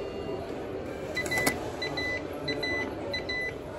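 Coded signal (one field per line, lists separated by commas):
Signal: none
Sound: payphone card return beeps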